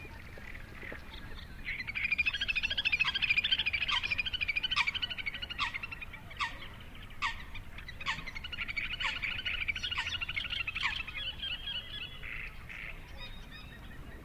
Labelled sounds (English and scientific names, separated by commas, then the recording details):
Little Grebe (Tachybaptus ruficollis) call
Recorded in the wild
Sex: diverse
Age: adult
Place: Kützerhof, Kummerower See, Mecklenburg-Vorpommern, DE
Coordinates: 53.8514, 12.8764
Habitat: wetland
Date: 2010-05-19 21:21
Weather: overcast, 12°C, almost no wind
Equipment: Sound Devices 702, Sennheiser MKH 70, Rycote Windschutz
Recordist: Frommolt, Karl-Heinz